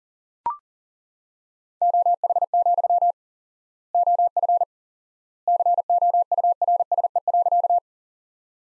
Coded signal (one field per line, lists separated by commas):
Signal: Morse code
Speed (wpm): 40 wpm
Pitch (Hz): 700 Hz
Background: none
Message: OH, OF COURSE.